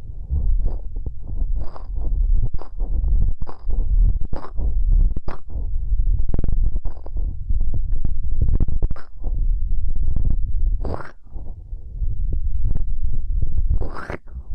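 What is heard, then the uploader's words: Ear cleaning sounds: a dense, muffled rumbling and rubbing fills the whole clip, heavy in the low end. Short scraping strokes cut through roughly every second, some brighter with a crisp crackle near the top, and a few louder swipes come around 9, 11 and 14 seconds. ASMR Intense Electrifying Ear Cleaning.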